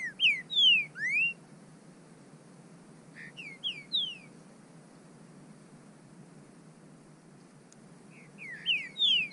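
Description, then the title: Bird calls: bursts of high, sliding whistled notes, some rising and some falling, grouped near the start, middle and end, with a steady low hiss underneath. "burung"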